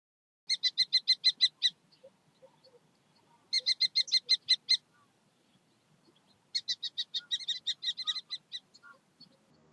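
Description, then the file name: Common kestrel repeating quick strings of piercing, high kee notes in three separate bursts, with brief pauses and faint soft sounds between. "gheppio"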